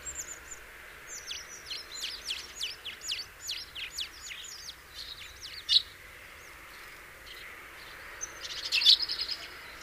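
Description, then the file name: House sparrow chirps, many short high notes scattered irregularly through the first seconds, then a brief rapid chattering burst near the end, with soft background noise. "Passer domesticus"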